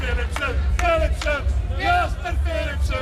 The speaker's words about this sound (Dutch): Dames en heren, Terneuzen, uw applaus voor Jasper Philipsen.